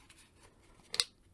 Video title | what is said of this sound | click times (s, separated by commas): Masters of the Universe Origins Stridor Unboxing and Review | and then once it's plugged in they lock into place the only way you'll be able to remove this is if you kind of like | 0.9 s, 1.0 s